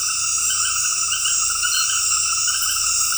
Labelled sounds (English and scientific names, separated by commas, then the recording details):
none
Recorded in dense forest near Puerto Asís, Putumayo, Colombia, on 19 February 2024 at 21:00
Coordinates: 0.484, -76.317
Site G6464